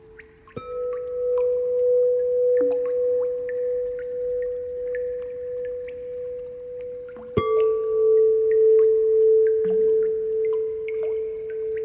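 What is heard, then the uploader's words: A singing bowl is struck twice, near the start and around seven seconds, each ring holding a steady, gently wavering mid tone with faint higher overtones. Bowl sound water drop singing bowl.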